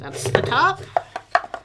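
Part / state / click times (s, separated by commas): sliding wooden panel into puzzle box / seated / 1.4 s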